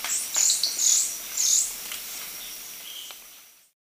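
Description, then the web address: Glistening-green tanager calls: a few very high, thin, slurred notes in the first two seconds, then fainter high notes before the sound drops out. Recorded in Ecuador. "Natures Songs S America Birds of Ecuador Glistening-green Tanager"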